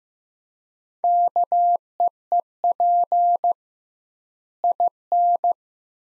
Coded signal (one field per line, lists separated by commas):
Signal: Morse code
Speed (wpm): 15 wpm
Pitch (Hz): 700 Hz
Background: none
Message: KEEP IN